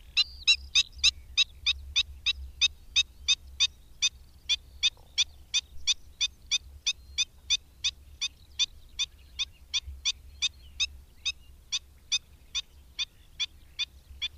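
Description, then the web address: Black-winged stilt calling: sharp, nasal yelping notes repeated steadily about two or three times per second throughout, over a faint low hum. "Madardalok Cd 3. Gólyatöcs"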